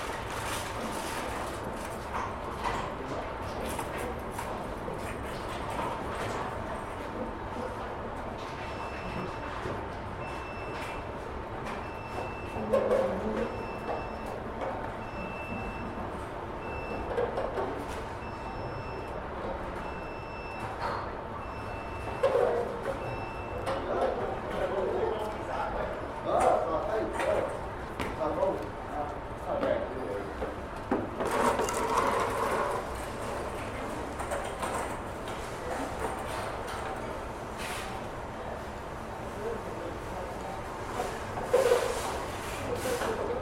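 A grocery store entrance, with a steady low rumble and hum under scattered voices and footsteps. A thin steady tone runs throughout, and a faint repeating beep sounds from about 9 to 25 seconds. A sharper clatter stands out near 31 seconds.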